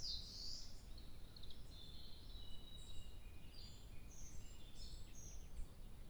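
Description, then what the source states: Bird song opening with a loud high note, followed by a stream of varied high twittering phrases over a soft low rumble. 2 July 2023.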